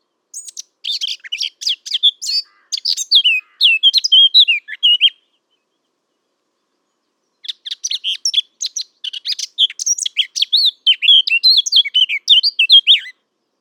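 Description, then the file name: Eurasian blackcap song: two rapid warbling bursts of varied high notes and fluted phrases, separated by a two-second pause, on a silent background. "Sylvia atricapilla"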